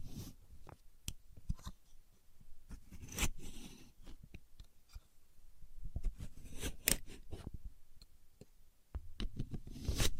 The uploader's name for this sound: Using A Contour Gauge (No Talking)